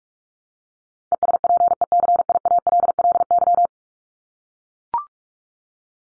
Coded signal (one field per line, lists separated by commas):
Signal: Morse code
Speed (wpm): 44 wpm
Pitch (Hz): 700 Hz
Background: none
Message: ESPECIALLY